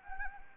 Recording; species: mosquito wingbeat signal from an infrared sensor; Anopheles arabiensis